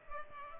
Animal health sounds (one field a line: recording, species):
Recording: mosquito wingbeat signal from an infrared sensor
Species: Culex pipiens